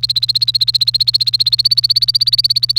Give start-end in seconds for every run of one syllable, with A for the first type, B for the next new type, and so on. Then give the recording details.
0.00-2.79 A. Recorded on 1 May 2018 at 12:15. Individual llb3